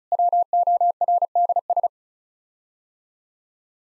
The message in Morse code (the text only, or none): WORDS